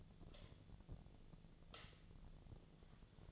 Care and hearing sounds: daily activity, microphone in the room; light on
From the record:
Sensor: 4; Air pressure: 1010.6 hPa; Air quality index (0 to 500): 173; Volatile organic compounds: 5 ppm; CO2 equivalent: 1757 ppm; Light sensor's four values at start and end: 37/107/43/43 and 37/108/43/44

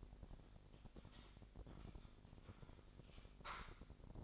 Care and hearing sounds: daily activity, microphone in the room; typing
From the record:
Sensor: 5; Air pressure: 1007.7 hPa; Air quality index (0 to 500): 95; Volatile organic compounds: 1 ppm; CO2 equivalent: 748 ppm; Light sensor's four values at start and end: 43/100/41/44 and 43/100/41/44

